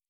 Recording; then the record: hydrophone in a shrimp aquaculture tank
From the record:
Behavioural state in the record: normal